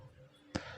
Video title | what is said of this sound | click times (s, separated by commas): Honda click 125i fuel filter replacement | So nakalock na siya. | 0.6 s